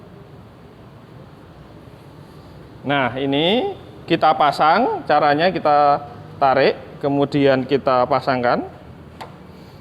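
A radiator pressure tester coupling is pulled back, fitted onto the radiator filler neck and pushed until it clicks, so the tester can pressurize the cooling system to check for leaks. Someone talks from about 2.9 to 8.7 seconds, then a short sharp click at 9.2 seconds marks the coupling seating on the filler neck.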